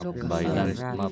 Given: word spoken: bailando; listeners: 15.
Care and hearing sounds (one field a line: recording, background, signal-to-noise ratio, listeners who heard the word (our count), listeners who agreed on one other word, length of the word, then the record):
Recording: one Spanish word in noise, from a listening test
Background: four-talker babble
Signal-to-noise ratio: 0.5 dB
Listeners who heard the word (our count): 1 of 15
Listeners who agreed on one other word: 12 of 15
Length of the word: 0.72 s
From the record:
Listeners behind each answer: 12, 1, 1, 1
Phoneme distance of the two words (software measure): 24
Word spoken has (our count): 3 syllables, 8 phonemes, stress on syllable 2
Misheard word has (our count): 2 syllables, 6 phonemes, stress on syllable 2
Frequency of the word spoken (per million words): 7.23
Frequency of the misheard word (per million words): 18.91